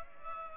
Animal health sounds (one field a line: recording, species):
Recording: mosquito wingbeat signal from an infrared sensor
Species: Culex pipiens